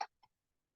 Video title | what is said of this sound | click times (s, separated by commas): BORDER MAKER SYSTEM, SILVER AND GOLD, CUE THE BLUE, SERENITY. GOLDEN HARVEST COLLECTIONS | and just push it in and you hear that lock into place. | 0.0 s